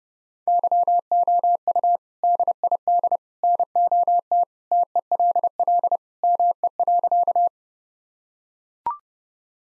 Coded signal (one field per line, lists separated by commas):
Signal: Morse code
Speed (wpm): 32 wpm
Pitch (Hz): 700 Hz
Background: none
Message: YOU DID NOT TELL ME.